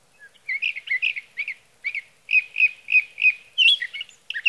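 Sage thrasher song, a rapid stream of short warbled phrases, each note burst distinct, running on for several seconds with brief pauses.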